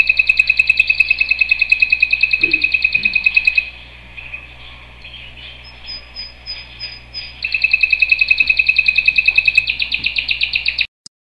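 Canary song: fast trills of pulsed notes, pausing midway for softer twittering, then resuming the rolling trill.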